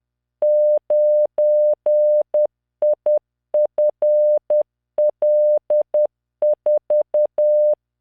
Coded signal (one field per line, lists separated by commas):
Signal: Morse code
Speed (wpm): 10 wpm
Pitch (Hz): 600 Hz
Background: none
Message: 9IFL4